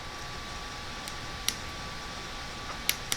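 A driver turns a new thigh screw in the stripped-out hole of a plastic action figure's leg, and it slips with sharp, short ticks at 1.5, 2.9 and 3.1 seconds over a steady low hiss and a faint constant tone. The screw does not hold, so the hole is stripped.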